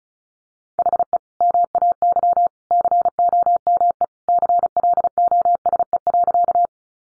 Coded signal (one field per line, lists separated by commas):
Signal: Morse code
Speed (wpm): 34 wpm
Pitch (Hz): 700 Hz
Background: none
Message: HE MAY COME CLOSE.